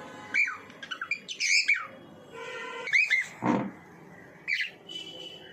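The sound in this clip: Bird uttering bright chirps and squeaky slurred notes in several short bursts.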